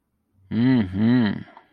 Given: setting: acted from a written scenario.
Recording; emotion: vocal sound without words; desire